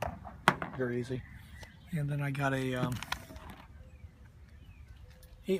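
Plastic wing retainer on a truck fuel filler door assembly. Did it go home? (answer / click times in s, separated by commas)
released / 0.5 s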